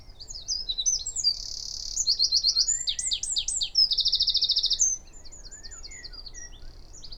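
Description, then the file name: Eurasian wren song: a loud, high-pitched rapid phrase of sharp notes and fast rattling trills lasting about five seconds, followed by softer notes; faint low background noise. "Troglodytes troglodytes"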